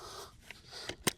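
The shaft of an EGO Power+ 8-inch edger attachment is slid back into the power head coupling of a cordless multi-tool and twisted to seat it. A scraping slide and small ticks at 0.5 and 0.9 seconds lead to a sharp, loud click at 1.1 seconds as the attachment seats.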